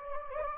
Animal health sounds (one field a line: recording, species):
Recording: mosquito wingbeat signal from an infrared sensor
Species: Anopheles gambiae